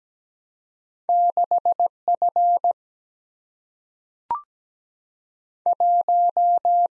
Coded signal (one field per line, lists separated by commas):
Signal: Morse code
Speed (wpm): 17 wpm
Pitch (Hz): 700 Hz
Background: none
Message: 6F 1